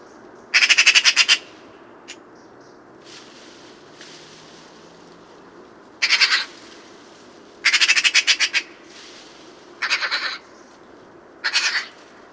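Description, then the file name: Eurasian magpie giving harsh, rattling chatter calls in bursts of rapid repeated notes, with pauses of one to nearly five seconds between series. "Pica pica"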